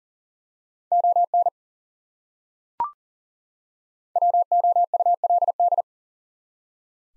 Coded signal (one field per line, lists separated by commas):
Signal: Morse code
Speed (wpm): 40 wpm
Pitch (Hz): 700 Hz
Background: none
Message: ON WOULD